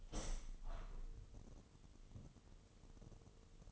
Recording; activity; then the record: daily activity, microphone in the room; open window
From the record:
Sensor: 4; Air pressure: 1000.7 hPa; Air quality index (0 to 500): 243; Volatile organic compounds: 40 ppm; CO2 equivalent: 3153 ppm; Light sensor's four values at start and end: 9/20/8/7 and 9/20/8/8